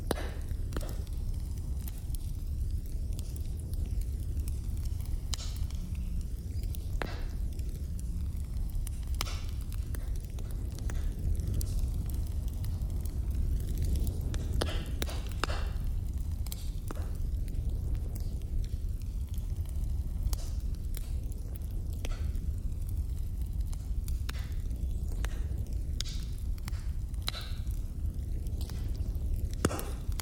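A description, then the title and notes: A bonfire burns outdoors in strong wind, with a heavy, steady low rumble of gusts buffeting throughout. Sharp crackles and pops snap out irregularly, often several in a second, some bright and loud, over the roaring wind. 8D Windy Daytime Bonfire.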